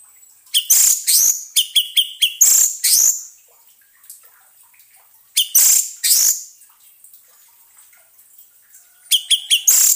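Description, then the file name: Orange-headed thrush song: loud bursts of rapid, bright whistled and chattering notes in several short phrases separated by pauses. Song therapy recording for an orange-headed thrush (anis merah) that has stopped singing. "terapi suara anis merah macet bunyi"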